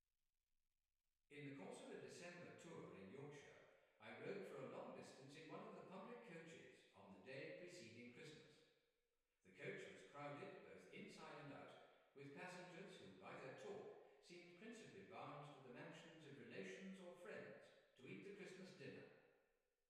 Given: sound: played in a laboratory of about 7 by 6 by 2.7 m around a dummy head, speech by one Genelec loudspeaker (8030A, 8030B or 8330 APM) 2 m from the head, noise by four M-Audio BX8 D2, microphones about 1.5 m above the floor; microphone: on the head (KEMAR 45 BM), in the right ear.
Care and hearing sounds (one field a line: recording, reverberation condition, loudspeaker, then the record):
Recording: male speech in English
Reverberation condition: high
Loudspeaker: 120 degrees to the left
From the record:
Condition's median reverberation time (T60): about 1300 ms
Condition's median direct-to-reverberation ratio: about -4.0 dB